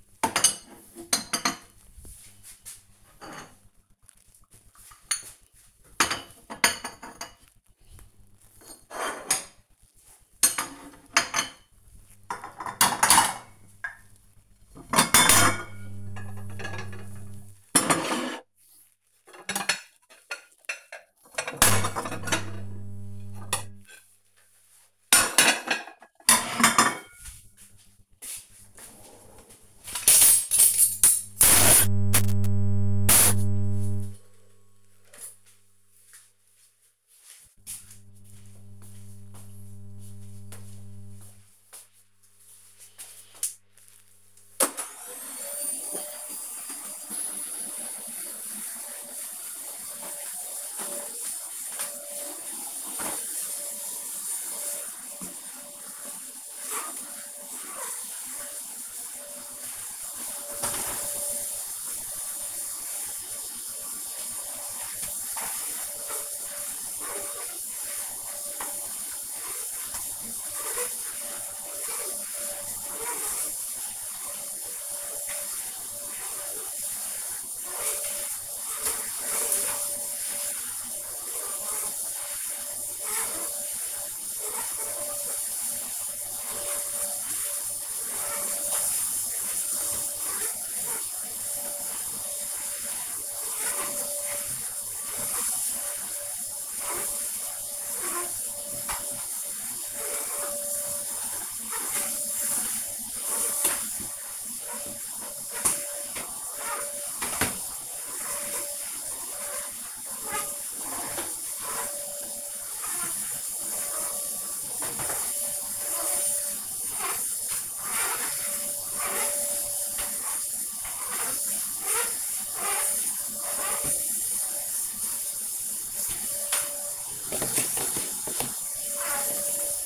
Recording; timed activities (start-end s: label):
household activities, microphone on the right wrist
0.00-33.79 s: putting away the dishes
45.89-129.86 s: vacuum cleaning